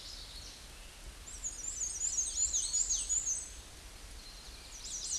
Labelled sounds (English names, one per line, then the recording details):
Black-and-white Warbler song
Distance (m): 20 m
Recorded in a Pennsylvania forest on 19 May 2023 at 06:19
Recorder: AudioMoth, point grid1_9_low
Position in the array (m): 80 m, 110 m